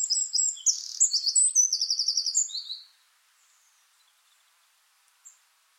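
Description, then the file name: Eurasian wren song: a loud, very fast high-pitched trill of rattling notes and whistles lasting almost three seconds, then near silence with one faint chirp. "Troglodytes troglodytes"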